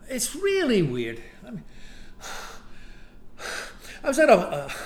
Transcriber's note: sighs